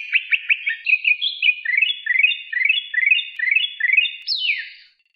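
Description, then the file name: Greater green leafbird song: a fast, varied run of bright chirps and rising slurred notes, repeated in rapid series, ending with a sharp downward sweep. Medan type. "suara cucak hjau medan"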